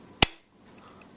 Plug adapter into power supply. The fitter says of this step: into there and then you've got to push it down till it clicks.